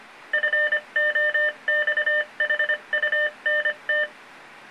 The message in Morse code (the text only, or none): FOX HUNT